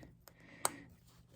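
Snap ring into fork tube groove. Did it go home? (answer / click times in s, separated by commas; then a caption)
partly / 0.7 s. A steel snap ring is worked with a tool into the groove of a front fork tube from a Super Hawk CB77 motorcycle. A faint tick comes at 0.3 s, then a sharp metallic snap at 0.7 s as the ring starts to snap into the groove. The ring is only partly seated, and its last section still has to be pressed in.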